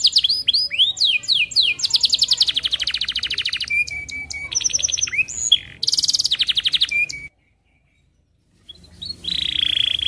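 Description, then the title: Atlantic canary song mixing swooping whistles, rapid trills and flat held tones, a brief silence, then a buzzy trill starting up again. Canary from the Indonesian songbird hobby, described as 'gacor' (singing vigorously) with top 'cengkok' phrasing and very rich 'isian' fill-in phrases. "Kenari Gacor Cengkok Terbaik Isian Paling Mewah Kenarigacor Kicaumania Kenari"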